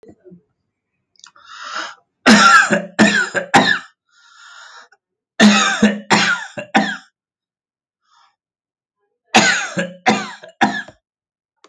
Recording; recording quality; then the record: heavy voluntary cough; excellent, no background noise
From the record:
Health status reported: healthy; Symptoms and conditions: diabetes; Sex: male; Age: 48 years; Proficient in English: yes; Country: India